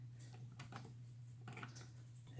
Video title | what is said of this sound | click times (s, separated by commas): Another review on the best bit sets and some of my tools. | you could see it doesn't lock it's not it'll go in there but it doesn't lock in like | none